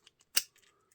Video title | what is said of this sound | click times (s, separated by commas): Prototype and Other Kydex Projects | to have a really good positive click | 0.4 s